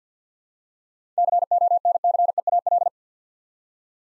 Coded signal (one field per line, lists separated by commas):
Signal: Morse code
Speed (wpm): 52 wpm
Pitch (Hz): 700 Hz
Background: none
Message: CONCEAL